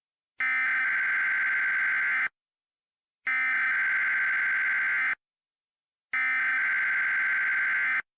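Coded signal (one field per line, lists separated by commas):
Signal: Emergency Alert System (SAME) tones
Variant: header bursts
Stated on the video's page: Valid EAS tones used in a fictional hurricane scenario, not a real alert.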